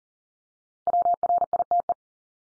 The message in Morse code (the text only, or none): WRITE